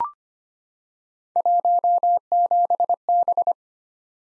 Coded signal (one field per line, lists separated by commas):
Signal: Morse code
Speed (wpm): 25 wpm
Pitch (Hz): 700 Hz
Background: none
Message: 17B